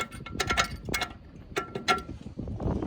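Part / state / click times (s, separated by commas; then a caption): lug nut on trailer wheel stud / stripped / 0.4 s, 0.6 s. An impact wrench is run on a steel lug nut on a steel stud of a trailer wheel to get the tire off, and it rattles in sharp metallic bursts with loud hits at 0.4 and 0.6 seconds. The nut spins loose without coming off because its thread is stripped on the backside. Someone talks over the work.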